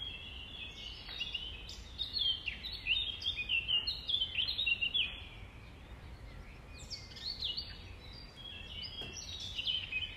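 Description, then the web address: Nightingale song: rapid, varied high chirps, whistles and short trills in bursts. Recorded at dawn on 5 May 2020, around 05:33. "20200505-053342. 2020 05 06 nightingales"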